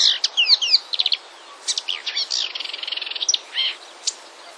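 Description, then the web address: Marsh warbler song, rapid twittering with swooping whistles and a dense buzzy trill, all high-pitched and varied. "wroblowe kolekcja lozowka"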